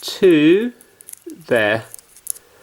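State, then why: Seated. A Joy-Con controller is pushed onto a console's side rail while someone talks. It snaps into place with a short, loud click at 2.3 seconds and is seated.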